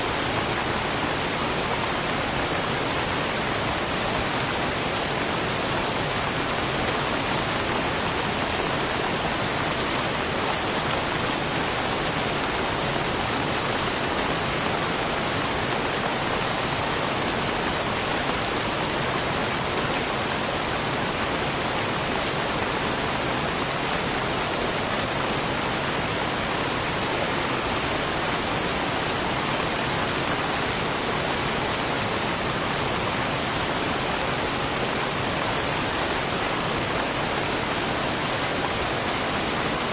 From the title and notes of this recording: Rain and Waterfall Sounds. The sound of water falling mixed with rain.